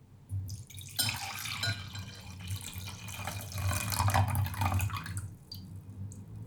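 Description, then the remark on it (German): Tea pours steadily into a cup for about four seconds, a bright splashing trickle with a low gurgle underneath, then tapers off into a few faint drips. “Und noch einen Schluck Tee?”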